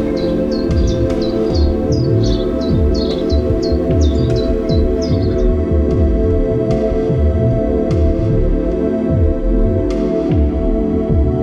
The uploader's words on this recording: Bird sounds recorded May 9, 2020 in Germany. I added some virtual noise.